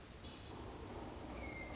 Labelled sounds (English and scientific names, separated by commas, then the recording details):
Hermit Thrush (Catharus guttatus)
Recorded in Sonoma County, California